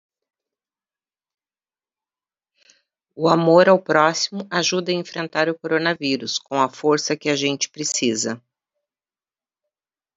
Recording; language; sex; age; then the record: spoken sentence; Brazilian Portuguese; female; 50 to 59 years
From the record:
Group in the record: control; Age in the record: 58 years